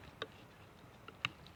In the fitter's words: And it snaps into place right there.